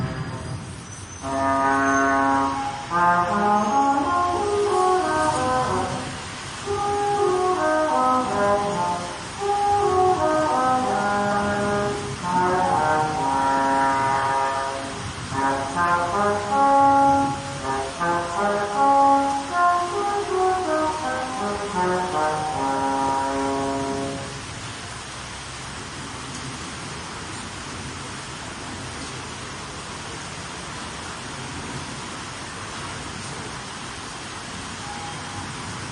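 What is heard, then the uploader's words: A French horn plays a slow, flowing melody outdoors in a street for about the first 24 seconds, its warm, round notes rising and falling in phrases. The playing then stops, leaving a steady low hum of traffic and city noise. French Horn in Street. Ah, the sounds of Paris, music, love, happiness.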